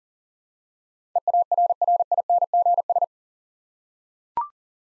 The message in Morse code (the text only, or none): EARRINGS